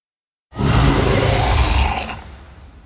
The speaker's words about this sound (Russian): Пространство под куполом огласил новый рев.